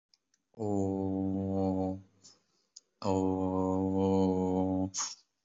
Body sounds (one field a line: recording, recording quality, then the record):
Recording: sustained vowel as in boot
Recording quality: excellent, no background noise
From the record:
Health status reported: COVID-19 positive, no symptoms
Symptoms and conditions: none ticked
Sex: male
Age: 24 years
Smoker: not ticked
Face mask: not worn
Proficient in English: no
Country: India